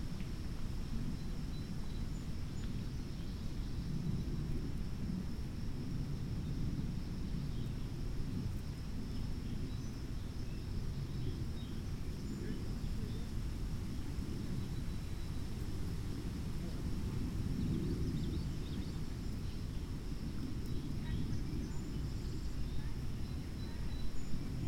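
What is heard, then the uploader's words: Wind moves through an oak and hickory stand, heard as a dense, low, steady rush that hardly lets up, with gentle swells around six and eighteen seconds. A thin, high, unbroken whine runs underneath throughout, with a few faint ticks scattered across it. Warning: wind clipping audio throughout (especially in the left ear). Windy day in an oak and hickory stand adjacent to a mill pond.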